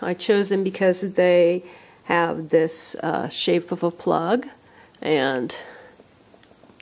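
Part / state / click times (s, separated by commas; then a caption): headphone plug into phone headphone jack through case cutout / seated / 6.8 s. Someone talks while a 3.5 mm headphone plug with a bulky housing is inserted through the cutout of an iPhone 6 Plus case into the phone's headphone jack. After the talking stops there is a faint tick, and at 6.8 s a sharp, brief click marks the plug seating in the jack.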